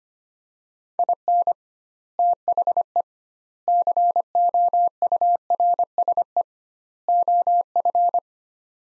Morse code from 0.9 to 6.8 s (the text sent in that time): IN THE COURSE